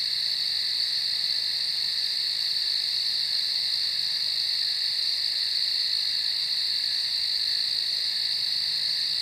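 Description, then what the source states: Many crickets trilling together in a seamless, shrill, even hum that neither rises nor falls. Recorded in a field at night.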